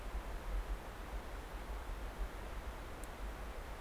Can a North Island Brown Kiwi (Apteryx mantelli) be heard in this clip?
no